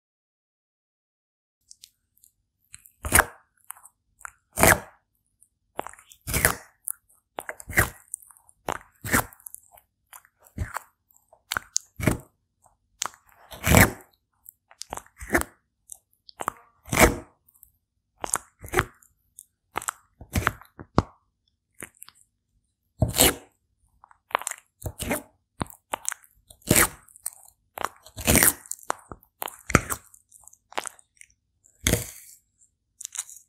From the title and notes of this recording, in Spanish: Asmr Tortuga comiendo. Una tortuga comiendo sandia, cereza, entre otras cosas.